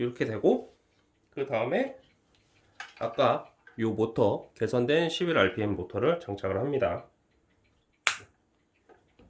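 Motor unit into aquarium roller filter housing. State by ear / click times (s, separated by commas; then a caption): seated / 8.1 s. Someone talks while the motor unit of an aquarium roller fleece filter is mounted onto the plastic filter housing. It snaps into place with one sharp click at 8.1 s, seating the motor.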